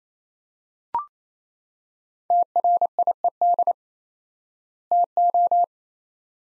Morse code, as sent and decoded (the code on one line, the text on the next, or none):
- .-. .. . -.. / - ---
TRIED TO